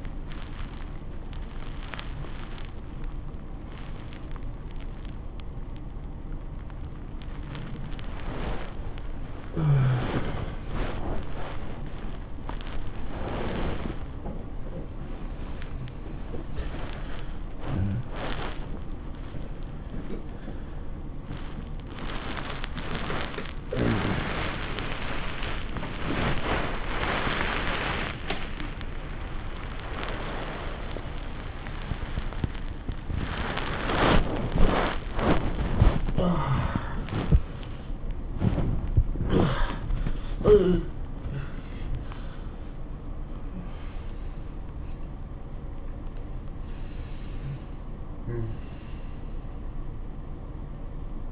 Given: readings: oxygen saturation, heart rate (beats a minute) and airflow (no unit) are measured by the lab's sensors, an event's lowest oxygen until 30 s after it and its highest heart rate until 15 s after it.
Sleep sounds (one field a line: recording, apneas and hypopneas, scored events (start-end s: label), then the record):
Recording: a person awake in a sleep study, by a smartphone at the bedside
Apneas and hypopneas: none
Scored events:
0.00-51.32 s: awake
From the record:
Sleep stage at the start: awake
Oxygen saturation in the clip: 92 to 97%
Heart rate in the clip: 99 to 124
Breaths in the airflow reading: 5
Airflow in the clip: -15.8 to 17.5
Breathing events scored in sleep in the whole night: 403 in 5.5 hours asleep